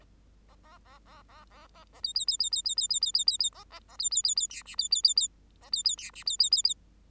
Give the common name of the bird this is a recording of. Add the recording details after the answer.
Bengalese Finch. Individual Bird8